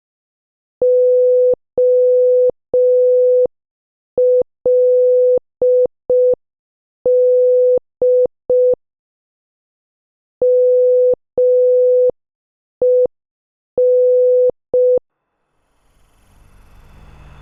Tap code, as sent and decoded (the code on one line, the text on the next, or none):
none